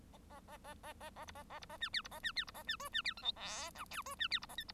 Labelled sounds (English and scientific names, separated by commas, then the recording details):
Bengalese Finch (Lonchura striata domestica) song
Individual Bird1